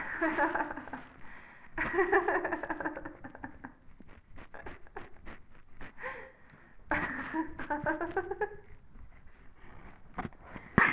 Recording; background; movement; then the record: laughter; quiet; sitting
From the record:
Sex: female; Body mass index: 18.3 kg/m2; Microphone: on the chest, facing the body